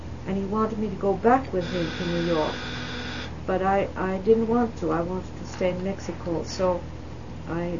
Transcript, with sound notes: and he wanted me to go back with him to New York. ( a buzzing noise is heard in the background on the tape ) But I didn't want to. I wanted to stay in Mexico. So, I